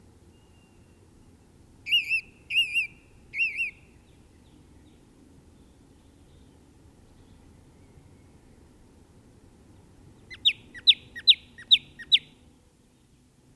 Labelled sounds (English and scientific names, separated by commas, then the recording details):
Song Thrush (Turdus philomelos) song
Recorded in the wild
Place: Garmisch-Partenkirchen, Bayern, DE
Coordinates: 47.5067, 11.085
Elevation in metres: 710
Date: 1969-04-05
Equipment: Nagra
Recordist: Tretzel, Erwin